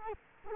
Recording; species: mosquito wingbeat signal from an infrared sensor; Culex quinquefasciatus